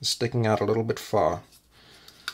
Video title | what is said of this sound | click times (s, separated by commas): Installing a BRN 180 upper | that the dust cover doesn't snap closed like it should | none